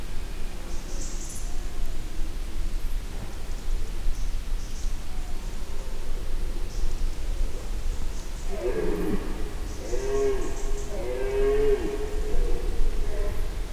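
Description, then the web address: Red deer roars: a few deep, drawn-out groaning calls with rich harmonics arrive in close succession near the end, over a steady low rumble of wind. Male red deer roaring in nature, recorded in 2016; wind also noted. "allathangok termeszetben gimszarvas 2016 madarak legaramlas bogobikak"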